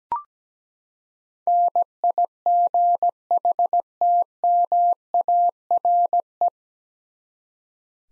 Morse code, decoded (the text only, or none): NIGHTMARE